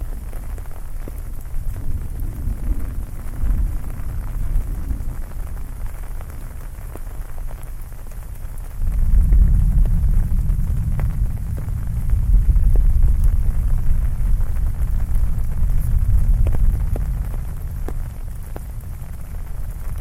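Heavy rain falls steadily, a dense hiss scattered with sharp individual drop ticks. A deep rumble of thunder swells in the low end from about nine seconds, rolling on loudly through the middle and easing only slightly toward the end.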